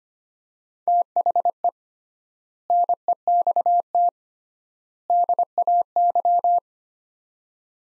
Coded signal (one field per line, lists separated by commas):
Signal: Morse code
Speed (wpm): 25 wpm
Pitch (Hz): 700 Hz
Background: none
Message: THE NEXT DAY